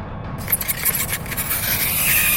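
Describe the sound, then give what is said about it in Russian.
A harsh, screeching scrape like a knife dragged across glass starts abruptly after a brief pause, grinding on with a shrill, hissing edge and slowly growing louder, with no voices. “Первые несколько секунд он походил на скрежещущий плач раздираемого ножом стекла, но нарастая, перебрался через человеческий порог слуха, превратившись в пронзающий мозг писк.”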